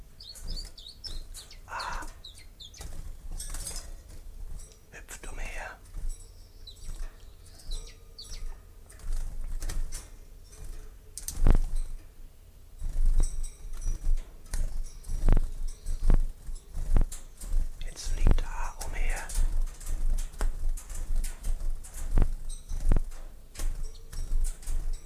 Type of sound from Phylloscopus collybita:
song